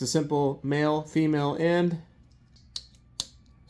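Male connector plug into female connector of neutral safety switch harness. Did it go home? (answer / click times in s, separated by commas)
yes / 3.2 s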